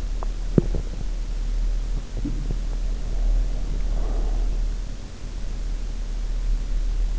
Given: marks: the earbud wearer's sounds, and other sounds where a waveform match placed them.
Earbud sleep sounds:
sounds in sleep by an in-ear microphone; teeth grinding, breath
0.13-0.96 s: teeth grinding
2.98-4.65 s: breath

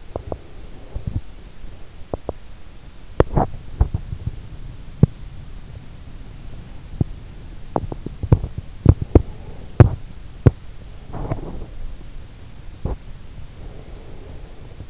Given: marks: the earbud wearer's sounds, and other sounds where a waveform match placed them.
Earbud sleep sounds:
sounds in sleep by an in-ear microphone; teeth grinding, breath
0.00-5.25 s: teeth grinding
0.62-1.50 s: breath
6.84-13.49 s: teeth grinding
13.42-14.90 s: breath

